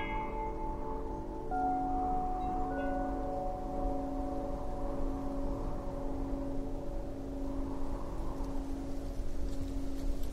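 Wind chimes ring in an autumn wind, their long overlapping tones hanging steadily over a low, constant rush of wind. A new chime strikes near two seconds and again around three, layering fresh bright notes onto the sustained ringing throughout.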